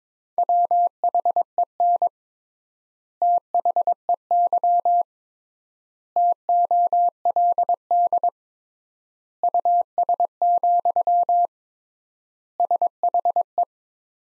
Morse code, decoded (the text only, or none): WHEN THEY TOLD US, SHE